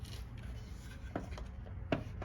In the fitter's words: them back in, same way you took it out. You'll hear it click.